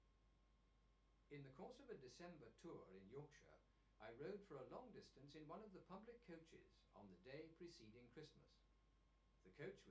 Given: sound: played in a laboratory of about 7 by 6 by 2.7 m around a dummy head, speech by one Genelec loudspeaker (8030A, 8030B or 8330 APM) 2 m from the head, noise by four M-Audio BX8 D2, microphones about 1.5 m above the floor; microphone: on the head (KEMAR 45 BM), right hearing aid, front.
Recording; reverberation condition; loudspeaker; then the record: male speech in English; low; 90 degrees to the left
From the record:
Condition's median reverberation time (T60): about 310 ms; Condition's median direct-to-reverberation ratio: about 3.5 dB